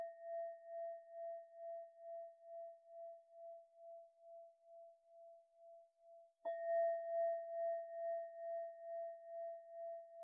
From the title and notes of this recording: 7 Chakra Continuous Meditation with 21 Antique Tibetan Singing Bowls.